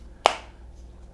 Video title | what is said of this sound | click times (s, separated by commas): Sennheiser Momentum True Wireless 4 earphones review | Case is convenient, nice click, | 0.3 s